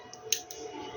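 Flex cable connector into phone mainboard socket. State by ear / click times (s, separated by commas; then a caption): seated / 0.3 s. During a screen and battery replacement on a Tecno Spark 9 Pro phone, a flex cable connector is pressed onto its mainboard socket. A sharp, bright snap at 0.3 s marks the connector seating, amid faint low background hum and a few softer ticks. The connector is seated.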